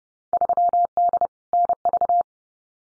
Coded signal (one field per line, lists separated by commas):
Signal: Morse code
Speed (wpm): 30 wpm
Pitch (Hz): 700 Hz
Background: none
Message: 3D NV